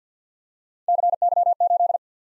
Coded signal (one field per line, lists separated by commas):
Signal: Morse code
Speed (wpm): 53 wpm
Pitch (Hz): 700 Hz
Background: none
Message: CY8